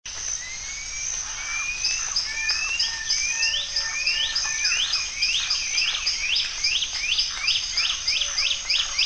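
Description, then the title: Bird song that opens with slow, separate rising whistles, then quickens into a rapid, regular run of repeated sweeping notes, with a constant high buzz in the background. "LuckyPassaro Completos2Sama"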